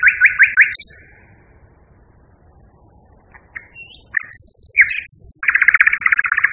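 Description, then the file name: Common nightingale song, a quick trill of repeated notes, a pause, then scattered high chips, a buzzy phrase and a dense churring rattle. Song variation 2, one of a numbered set of nightingale song variations. "kicauan-nightingale-b-variasi 2-omkicau"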